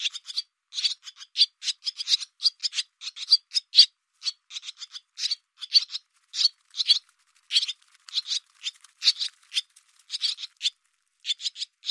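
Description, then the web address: Barn swallow calls: a steady stream of short, harsh, buzzy notes, single and in quick clusters, spaced irregularly throughout with brief silent gaps. "cianscape birddata Deverinetal 2025"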